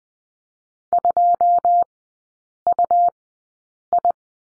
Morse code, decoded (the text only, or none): 2UI